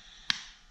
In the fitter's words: back side you heard it click there cap